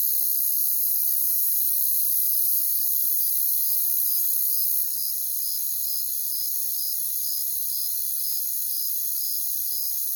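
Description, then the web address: Crickets chirping: short high pulses repeated about twice a second over a steady, dense, shrill trill from many insects. Jungle setting. "Pre-Uni Library Natures Songs Nature Sounds The Natural Sounds of the Wilderness Echoes of Nature - Jungle Talk Crickets"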